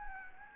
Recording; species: mosquito wingbeat signal from an infrared sensor; Anopheles arabiensis